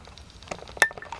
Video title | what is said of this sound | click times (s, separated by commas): Cisco CP-68KEM-3PCC Cabling and Boot Up Example | okay we have a positive click so that should be good | 0.8 s